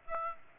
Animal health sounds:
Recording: mosquito wingbeat signal from an infrared sensor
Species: Aedes aegypti

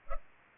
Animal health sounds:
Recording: mosquito wingbeat signal from an infrared sensor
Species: Culex pipiens

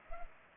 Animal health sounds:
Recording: mosquito wingbeat signal from an infrared sensor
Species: Culex pipiens

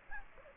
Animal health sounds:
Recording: mosquito wingbeat signal from an infrared sensor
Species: Aedes aegypti

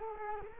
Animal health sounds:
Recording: mosquito wingbeat signal from an infrared sensor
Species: Culex quinquefasciatus

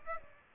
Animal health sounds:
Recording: mosquito wingbeat signal from an infrared sensor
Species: Aedes aegypti

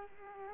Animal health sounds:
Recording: mosquito wingbeat signal from an infrared sensor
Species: Culex quinquefasciatus

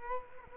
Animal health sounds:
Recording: mosquito wingbeat signal from an infrared sensor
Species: Culex quinquefasciatus

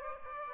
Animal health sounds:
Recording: mosquito wingbeat signal from an infrared sensor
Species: Aedes aegypti

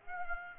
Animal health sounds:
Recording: mosquito wingbeat signal from an infrared sensor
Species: Aedes aegypti

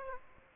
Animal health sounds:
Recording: mosquito wingbeat signal from an infrared sensor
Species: Aedes aegypti

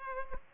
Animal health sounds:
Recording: mosquito wingbeat signal from an infrared sensor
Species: Culex pipiens

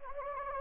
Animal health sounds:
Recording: mosquito wingbeat signal from an infrared sensor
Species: Anopheles gambiae

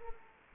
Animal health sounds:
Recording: mosquito wingbeat signal from an infrared sensor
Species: Culex quinquefasciatus

